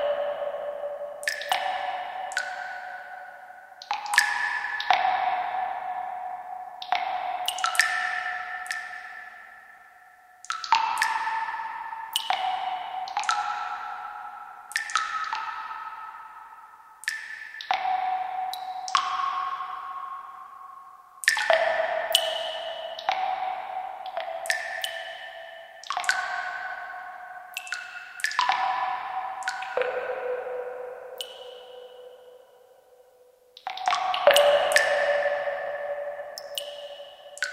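Water drips in clusters of bright, pitched plinks every few seconds, each ringing out in a long echoing tail, as in a cave.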